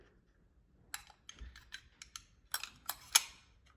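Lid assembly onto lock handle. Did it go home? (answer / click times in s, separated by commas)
no / none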